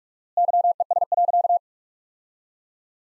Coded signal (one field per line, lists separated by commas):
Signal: Morse code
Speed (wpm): 43 wpm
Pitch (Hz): 700 Hz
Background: none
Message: YES.